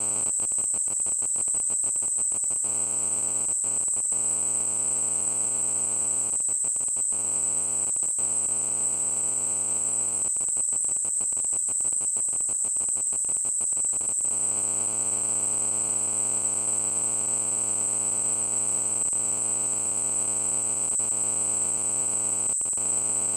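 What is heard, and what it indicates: A steady, piercing high-pitched whistle holds at constant loudness for about 23 seconds over a low, grainy buzzing hum that cuts out briefly now and then. It is a simulation of tinnitus, the ringing or whistling heard in the ears without an outside source.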